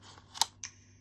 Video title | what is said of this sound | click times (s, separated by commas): NYXI Wireless Joy-pad Unboxing/Review | they do also connect they make a click sound | 0.4 s